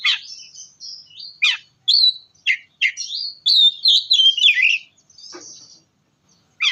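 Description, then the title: Oriental magpie-robin song: lively varied sequence of whistles, warbles and sharp descending chirps, loud and continuous with brief gaps. "kacer"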